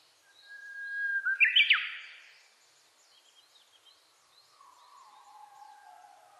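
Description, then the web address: Japanese bush warbler song, a long level whistle breaking into a fast, tumbling high flourish, followed by softer lower sounds in the background. Recorded on 29 April 2001. "2001 010429 uguisu"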